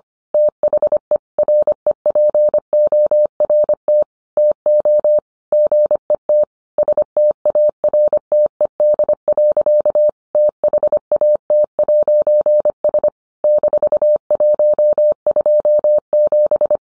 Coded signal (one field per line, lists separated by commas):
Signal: Morse code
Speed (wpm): 25 wpm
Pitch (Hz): 600 Hz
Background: none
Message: THE REPORT TO GET STARTED. THAT'S -127